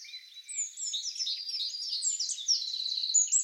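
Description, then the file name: Eurasian wren song, somewhat quieter, a steady stream of high twittering notes including a fast trill. "Troglodytes troglodytes"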